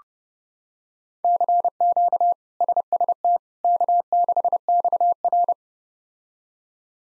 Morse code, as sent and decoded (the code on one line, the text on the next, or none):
-.-. --.- / ... ... - / -.- -.... -..- .-.
CQ SST K6XR